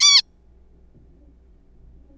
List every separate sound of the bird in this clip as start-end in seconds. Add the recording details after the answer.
0.01-0.22. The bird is a juvenile. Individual R3428